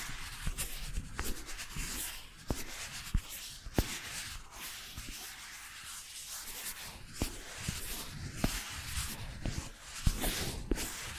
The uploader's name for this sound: First Person Triggers Ear Scratching, Face Brushing etc (No Talking)